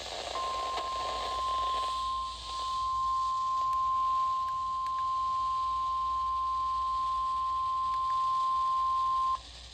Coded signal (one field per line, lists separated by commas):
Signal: Emergency Alert System (SAME) tones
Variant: 1050 Hz attention tone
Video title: KEC85 (CHS) Required Weekly Test | EAS #204